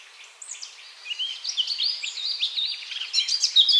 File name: Sylvia atricapilla